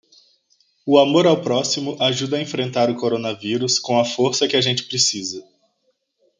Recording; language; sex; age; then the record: spoken sentence; Brazilian Portuguese; male; 30 to 39 years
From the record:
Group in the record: control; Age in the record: 31 years